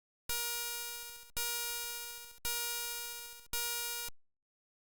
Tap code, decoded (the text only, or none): none